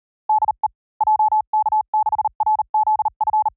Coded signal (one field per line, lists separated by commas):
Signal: Morse code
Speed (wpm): 38 wpm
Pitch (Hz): 840 Hz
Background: none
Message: DE JK6RZF